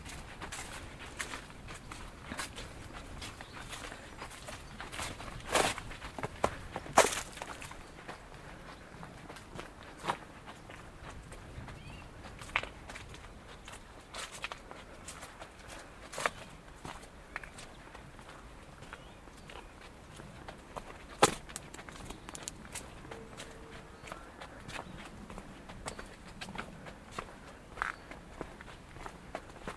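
A slow amble through Woodwell in Silverdale: irregular crunchy footsteps over a quiet hiss, with sharper snaps near seven and twenty-one seconds.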